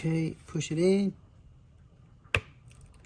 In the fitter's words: okay it went in Click